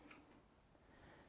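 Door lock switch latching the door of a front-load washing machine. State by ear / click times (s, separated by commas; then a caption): seated / 0.1 s. After start is pressed on a Bosch front-load washing machine fitted with a new door switch to clear an E3 error, the door lock switch latches the door shut with a single sharp click at 0.1 s over a low background hum. The click confirms the door is locked closed.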